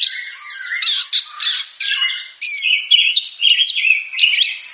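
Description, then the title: Oriental magpie-robin song: a rich, varied run of whistles, harsh buzzy notes and rising slurred phrases, sung continuously for about five seconds with no other sounds. Champion singing bird. "Kicau Burung Kacer Juara"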